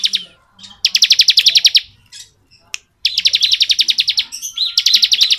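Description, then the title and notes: Bar-winged prinia: three bursts of rapid, buzzy repeated notes, the first two separated by a quiet stretch with a few scattered chirps. Song used as training audio for oriental magpie-robins; described as ngebren style. "Suara burung ciblek - Suara Nada"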